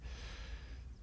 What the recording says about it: I get hay fever a lot, it seems to affect my asthma, which is like a condition where sometimes something like triggers it and it becomes like a bit hard to breathe.